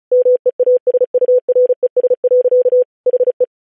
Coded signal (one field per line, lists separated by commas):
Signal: Morse code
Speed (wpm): 36 wpm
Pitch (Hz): 500 Hz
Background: none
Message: MEASURES. HE